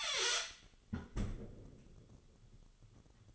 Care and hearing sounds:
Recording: daily activity, microphone in the room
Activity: close fridge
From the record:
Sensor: 4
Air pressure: 1008.6 hPa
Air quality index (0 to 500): 72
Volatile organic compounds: 1 ppm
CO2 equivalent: 626 ppm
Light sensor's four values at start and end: 15/33/14/13 and 15/34/14/14

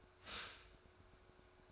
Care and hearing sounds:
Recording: daily activity, microphone in the room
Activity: stop toaster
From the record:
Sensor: 2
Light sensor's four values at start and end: 3/9/3/3 and 3/9/3/3

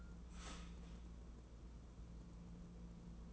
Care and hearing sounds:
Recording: daily activity, microphone in the room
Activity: start toaster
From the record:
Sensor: 1

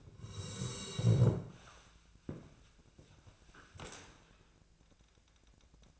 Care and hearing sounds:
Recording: daily activity, microphone in the room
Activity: sit down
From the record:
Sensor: 2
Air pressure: 1000.3 hPa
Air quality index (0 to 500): 160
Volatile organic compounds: 3 ppm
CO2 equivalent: 1340 ppm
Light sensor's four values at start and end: 8/17/8/9 and 8/19/8/9

